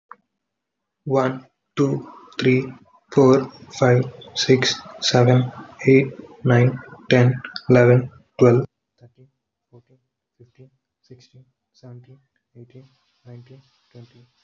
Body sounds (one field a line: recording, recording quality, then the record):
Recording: counting at a normal pace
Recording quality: excellent, no background noise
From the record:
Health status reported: healthy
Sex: male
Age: 30 years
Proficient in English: yes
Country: India